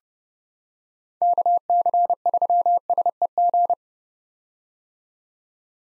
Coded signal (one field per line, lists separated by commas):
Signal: Morse code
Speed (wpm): 30 wpm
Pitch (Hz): 700 Hz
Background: none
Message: KC3SEG